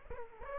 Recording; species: mosquito wingbeat signal from an infrared sensor; Aedes aegypti